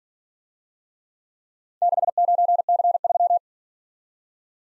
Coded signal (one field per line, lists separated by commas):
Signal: Morse code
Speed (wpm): 47 wpm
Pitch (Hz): 700 Hz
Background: none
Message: 69C3